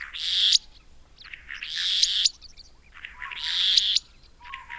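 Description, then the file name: Restless flycatcher calls: loud rasping, buzzy bursts up to about a second long, repeated every one to two seconds, with a low whistle beneath some. "Myiagra Inquieta"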